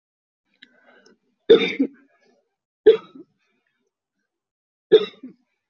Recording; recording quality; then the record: heavy voluntary cough; excellent, no background noise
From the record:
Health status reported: healthy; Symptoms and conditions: none ticked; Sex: female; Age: 22 years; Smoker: not ticked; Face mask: not worn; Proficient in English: yes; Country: India